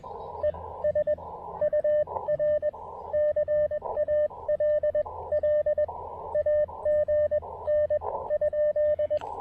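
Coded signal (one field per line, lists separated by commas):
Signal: Morse code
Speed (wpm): 20 wpm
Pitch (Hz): 600 Hz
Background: radio noise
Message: ES UR CALL AGN?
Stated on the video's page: QRP POTA and SOTA activation with a KX2, operating on 20, 17, 10 and 15 meters.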